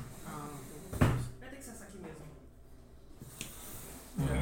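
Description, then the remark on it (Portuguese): Tools being piled onto a chair: a sharp, heavy clunk, then a softer knock and another clatter at the end, with muffled voices in the background. “tá colocando um monte de ferramenta em cima da minha cadeira.”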